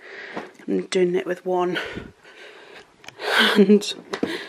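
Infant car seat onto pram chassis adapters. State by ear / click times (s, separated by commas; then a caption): not seated / none. An infant car seat is handled above the adapters already fitted to a pram chassis while someone talks, with a sharp tap at 3.1 s. Nothing has seated or clicked yet; the seat has not been lowered and locked onto the adapters.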